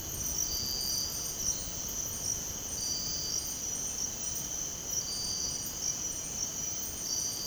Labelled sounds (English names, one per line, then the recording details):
none
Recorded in dense forest near Puerto Asís, Putumayo, Colombia, on 19 February 2024 at 05:00
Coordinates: 0.486, -76.316
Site G6437